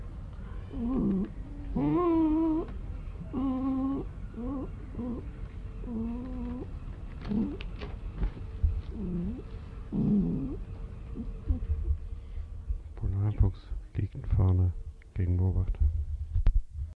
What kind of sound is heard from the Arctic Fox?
growling